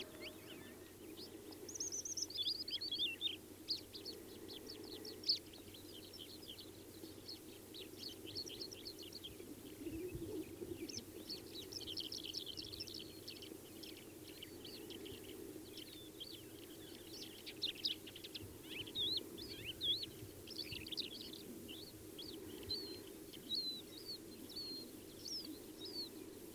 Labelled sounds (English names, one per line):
Asian Short-toed Lark song